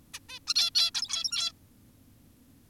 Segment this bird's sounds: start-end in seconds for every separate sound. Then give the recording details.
0.14-0.19, 0.29-0.39, 0.47-0.54, 0.56-0.70, 0.75-0.91, 0.95-1.52. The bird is an adult. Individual g17y2U